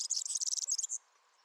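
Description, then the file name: European serin song, a rapid, very high, glassy jingle of buzzy notes lasting about a second, then stopping abruptly. "Serin cini"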